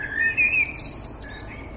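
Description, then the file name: Common blackbird song phrase: a fluty warble followed by a thin, squeaky high twitter at the end. "Turdus merula"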